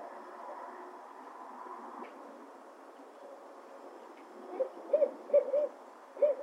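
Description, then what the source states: Owl hoots absent at first; a handful of short, clipped hoots arrive near the end against persistent hiss. Recording described as noisy.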